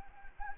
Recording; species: mosquito wingbeat signal from an infrared sensor; Anopheles gambiae